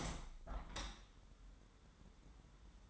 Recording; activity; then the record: daily activity, microphone in the room; open window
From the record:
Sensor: 3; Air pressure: 999.8 hPa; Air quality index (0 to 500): 226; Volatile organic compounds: 95 ppm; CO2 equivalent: 3723 ppm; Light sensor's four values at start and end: 9/22/9/9 and 10/23/9/9